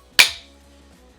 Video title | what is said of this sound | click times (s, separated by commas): FEIN Tools Cordless 12V MultiTalent and 4-Speed Drill/Driver | hear it click into place and you're good to go. | 0.2 s